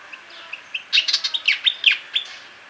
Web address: White-Browed Fantail Song